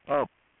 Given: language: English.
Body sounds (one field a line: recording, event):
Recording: throat vibration sensor signal played as sound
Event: speech